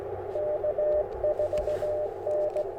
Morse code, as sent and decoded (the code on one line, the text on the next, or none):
-.- ....- -.
K4N